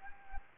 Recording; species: mosquito wingbeat signal from an infrared sensor; Anopheles gambiae